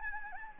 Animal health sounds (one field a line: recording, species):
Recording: mosquito wingbeat signal from an infrared sensor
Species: Anopheles gambiae